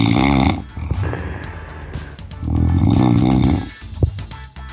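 Two loud, low, rattling snores from an adult man, a couple of seconds apart, with quieter breathing between them; ordinary snoring.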